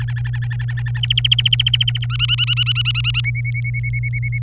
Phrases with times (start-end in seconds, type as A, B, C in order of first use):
0.00-1.00 A, 1.03-2.06 B, 2.10-3.21 C, 3.24-4.38 D